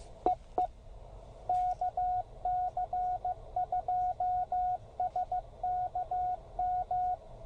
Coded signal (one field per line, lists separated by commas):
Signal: Morse code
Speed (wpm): 14 wpm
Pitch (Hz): 690 Hz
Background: radio noise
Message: EE KC2SKM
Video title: A few QRP rigs just because. KX1, KX2, KX3, and Penntek TR45L